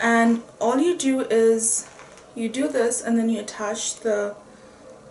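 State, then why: Not seated. A synthetic-bristle kabuki brush head is handled onto the rotating motorized handle base of a Michael Todd Beauty SonicBlend makeup brush while someone talks, with soft rustling handling noises between the words. Nothing has seated or clicked yet by the end of the clip.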